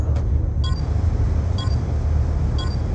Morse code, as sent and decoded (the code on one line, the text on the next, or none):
none